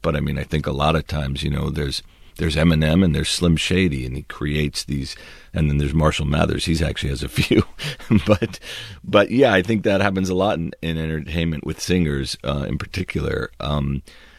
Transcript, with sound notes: But, I mean, I think a lot of times, you know, there's Eminem and there's Slim Shady, and he creates these - and then there's Marshall Mathers. He actually has a few (laughter). But, yeah, I think that happens a lot in entertainment, with singers in particular.